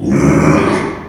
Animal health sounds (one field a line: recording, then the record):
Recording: squeal of a Yucatan mini pig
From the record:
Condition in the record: after surgery on the right vocal fold (resection and tissue-engineered implant)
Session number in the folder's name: 3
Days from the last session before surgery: 33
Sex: male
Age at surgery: 12 weeks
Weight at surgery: 13 kg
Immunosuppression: cyclosporine, prednisolone